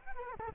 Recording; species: mosquito wingbeat signal from an infrared sensor; Culex quinquefasciatus